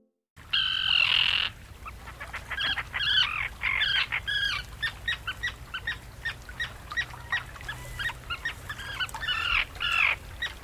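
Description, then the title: Common tern calls: one long harsh grating note opens, followed by rapid, sharp, repeated kik notes in a continuous chattering series. "Kalatiira"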